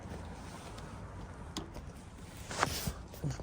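A plastic rear seat cushion retaining clip from a Tesla Model 3 is pressed back into its receptacle in the car body, with a short tap at about 1.6 s over a low steady background. It snaps home with a sharp click at 2.6 s, seating the clip, followed by a few softer handling sounds.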